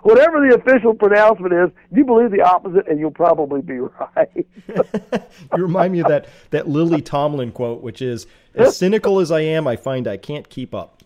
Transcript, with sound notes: Whatever the official pronouncement is, you believe the opposite and you’ll probably be right.
[Laughter] You remind me of that Lily Tomlin quote, which is, “As cynical as I am, I find I can’t keep up.”